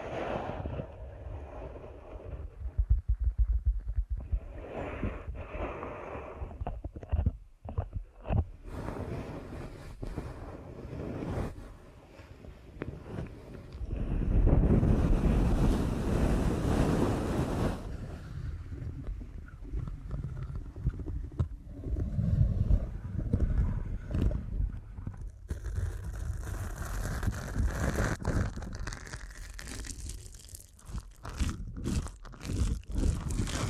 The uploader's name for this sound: ASMR Deep Ear Canal Massage